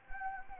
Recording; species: mosquito wingbeat signal from an infrared sensor; Anopheles gambiae